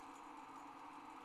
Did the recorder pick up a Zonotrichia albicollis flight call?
no